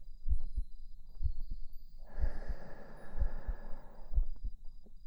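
A normal adult heartbeat heard up close, with steady paired beats at about 60 per minute and a brief burst of soft broadband noise midway.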